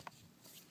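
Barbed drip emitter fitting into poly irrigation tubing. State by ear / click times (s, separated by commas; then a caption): seated / 0.1 s. A plastic barbed drip-irrigation emitter fitting is pushed into a hole punched in poly supply tubing. It gives a single sharp pop at 0.1 s, followed by quiet rustling. The fitting is seated in the tubing.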